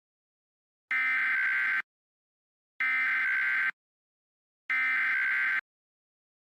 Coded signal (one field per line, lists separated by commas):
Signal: Emergency Alert System (SAME) tones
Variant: header bursts